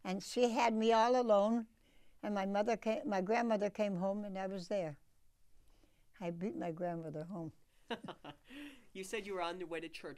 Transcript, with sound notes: And she had me all alone and my mother ca — my grandmother came home and I was there. I beat my grandmother home.
[laughs] You said you were on your way to church.